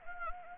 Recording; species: mosquito wingbeat signal from an infrared sensor; Anopheles gambiae